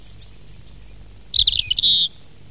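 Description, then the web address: European robin song: thin, very high notes at first, then a louder, rapid warbled trill with a sustained high ending. "fugler rodstrupe"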